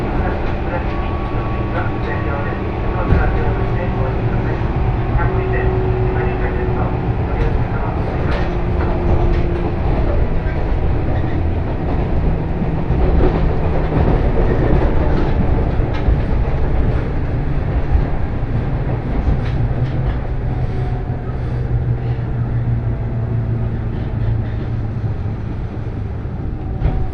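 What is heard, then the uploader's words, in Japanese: A train ride on the Sanyo Main Line from Okayama to Kurashiki, with a steady, dense low rumble and rattle of the carriage running throughout. Faint tonal hums rise and fall across the clip, and quiet voices may be mixed in beneath the noise. 鉄道旅 山陽本線 岡山→倉敷。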